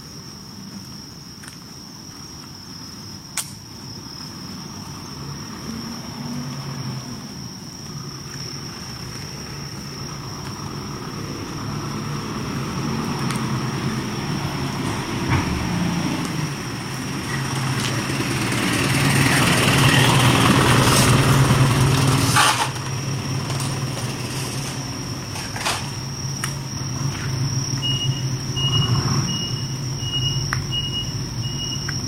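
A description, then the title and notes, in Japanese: A steady high insect whine hangs over a low engine rumble that swells toward twenty seconds, with a few sharp clicks and knocks. とある夏の夜歩き。今回は夜近所を歩いてみました。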